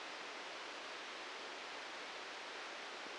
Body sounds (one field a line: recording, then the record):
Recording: brain microelectrode recording played as sound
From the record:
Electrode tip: outside the subthalamic nucleus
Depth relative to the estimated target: 2 mm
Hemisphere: right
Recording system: NeuroSet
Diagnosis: Parkinson's disease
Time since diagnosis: 13 years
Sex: male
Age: 63 years